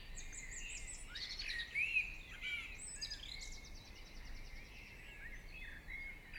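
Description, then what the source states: Birds singing softly, overlapping whistles and a long buzzy trill, with scattered chirps from other birds over steady low background noise. Morning birdsong.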